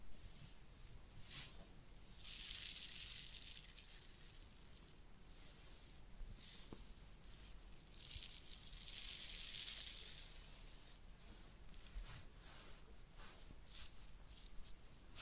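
Head massage and ear cleaning, heard as soft scratching and rubbing. Two longer bright hissing strokes run around 2–4 and 8–10 seconds, and short brushing taps come every second or so between them. A low steady rumble sits underneath throughout.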